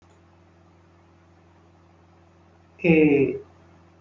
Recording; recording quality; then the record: sustained vowel as in made; excellent, no background noise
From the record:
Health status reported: healthy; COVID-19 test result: not tested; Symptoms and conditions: none ticked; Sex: male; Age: 20 years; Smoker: not ticked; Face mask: worn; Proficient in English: yes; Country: India